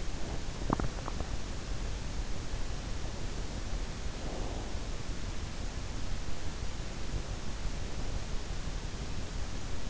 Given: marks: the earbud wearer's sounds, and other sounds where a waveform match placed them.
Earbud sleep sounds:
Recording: sounds in sleep by an in-ear microphone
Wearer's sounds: swallowing, breath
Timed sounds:
0.00-1.67 s: swallowing
3.91-4.95 s: breath

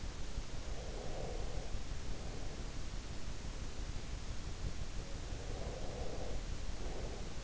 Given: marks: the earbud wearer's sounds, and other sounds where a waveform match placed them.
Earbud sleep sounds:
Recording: sounds in sleep by an in-ear microphone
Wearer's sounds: breath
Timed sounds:
0.67-2.64 s: breath
5.27-7.44 s: breath

